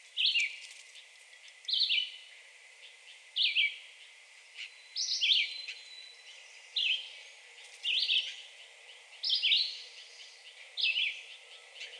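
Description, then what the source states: Red-eyed Vireo singing short whistled phrases, each a quick slurred burst, repeated roughly every one and a half to two seconds in a steady series. Recorded 2020-06-02.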